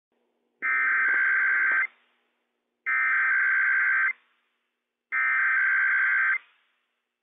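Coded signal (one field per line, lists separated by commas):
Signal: Emergency Alert System (SAME) tones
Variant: header bursts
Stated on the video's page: Real IPAWS Required Weekly Test issued by civil authorities for all of California, Nevada, Oregon and Washington.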